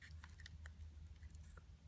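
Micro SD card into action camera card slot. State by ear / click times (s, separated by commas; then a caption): seated / 0.7 s. A small plastic micro SD memory card is pushed into the card slot on the side of an action camera, and it seats with a sharp click at 0.7 s. Other faint ticks and rustles come before and after the click over a low background hum.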